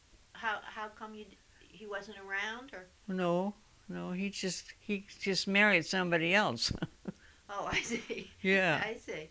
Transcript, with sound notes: How, how come you, he wasn't around, or...
No. No, he just, he just married somebody else. [Laughs]
Oh, I see. [Laughs] I see.